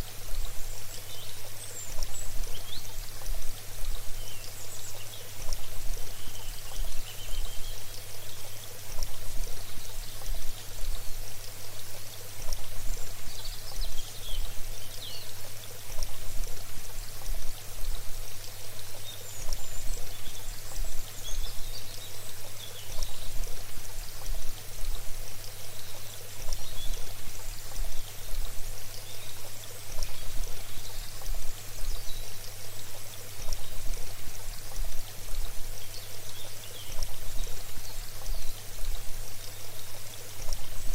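A stream runs steadily beneath a constant hiss of white noise, the bright rushing sound dense and unchanging for the whole stretch. A low, steady hum sits underneath, and faint higher chirps flicker in and out near the top.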